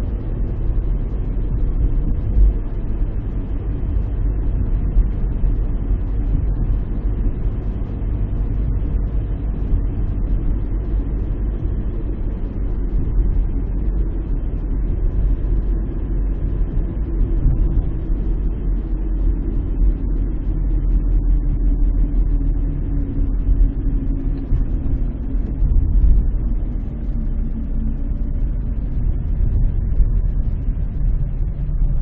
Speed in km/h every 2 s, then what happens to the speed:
40, 39, 39, 38, 39, 38, 36, 35, 35, 33, 31, 29, 27, 24, 9, 16.
0-16 steady at about 38. 16-32 slows to 16.